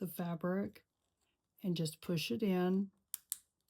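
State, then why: Seated. A fabric strip is pushed into a plastic tube-style rope-making tool while someone talks. Two sharp clicks follow at 3.1 s and 3.3 s as the part snaps into place, seated.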